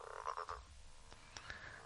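Frog giving three short, raspy, pulsed croaks in fast succession, followed by a few faint higher clicks or chirps.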